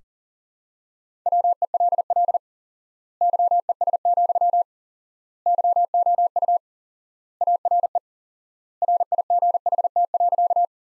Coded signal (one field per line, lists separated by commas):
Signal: Morse code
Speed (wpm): 40 wpm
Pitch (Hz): 700 Hz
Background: none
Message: WELL YES, YOU ARE RIGHT.